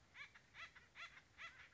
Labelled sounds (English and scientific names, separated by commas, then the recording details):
Song Sparrow (Melospiza melodia)
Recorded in Sonoma County, California